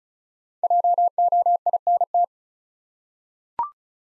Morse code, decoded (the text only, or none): JOINT